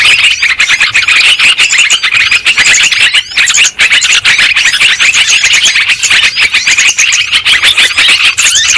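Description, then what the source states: Flock of lovebirds giving rapid, piercing chirps and squeaks, a constant overlapping twitter with only brief dips in loudness. Lure sound used for trapping birds.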